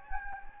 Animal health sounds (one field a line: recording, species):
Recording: mosquito wingbeat signal from an infrared sensor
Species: Anopheles gambiae